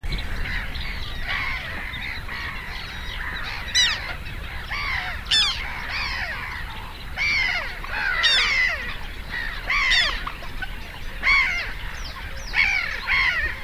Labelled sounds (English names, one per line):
Black Tern flight call